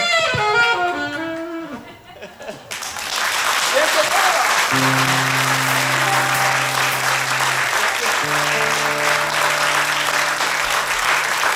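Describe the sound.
A burst of audience applause breaks out after a few seconds of talk and musical tones, a dense, steady clapping that holds loud to the end while sustained instrument notes ring beneath it.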